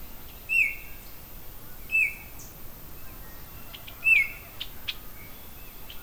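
Oriole sounding three sharp descending notes at uneven intervals, with fainter notes and a few soft high clicks in the background.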